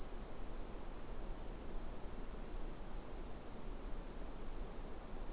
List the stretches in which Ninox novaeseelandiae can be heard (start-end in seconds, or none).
none